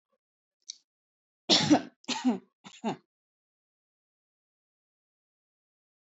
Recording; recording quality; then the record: shallow voluntary cough; excellent, no background noise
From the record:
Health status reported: healthy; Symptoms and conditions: none ticked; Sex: female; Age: 27 years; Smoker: not ticked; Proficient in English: yes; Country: India